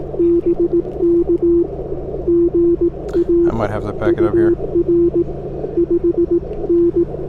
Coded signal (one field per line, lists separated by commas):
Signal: Morse code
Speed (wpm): 18 wpm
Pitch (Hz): 340 Hz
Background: speech, radio noise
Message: BK GA UR 5N